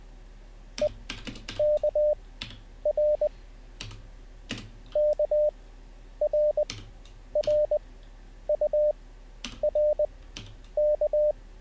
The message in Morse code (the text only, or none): EKR KRRURK